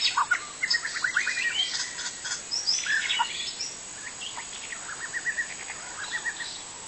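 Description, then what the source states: White-rumped shama song, a fast tumbling run of varied whistles and chirps over the first four seconds, then quieter scattered notes. Wild forest bird singing.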